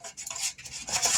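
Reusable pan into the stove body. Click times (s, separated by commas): 0.3 s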